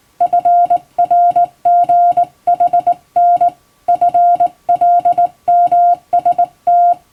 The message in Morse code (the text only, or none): FRGHN FLMST